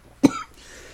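A single short, loud cough burst from an adult man, slightly wet with phlegm, in a quiet room.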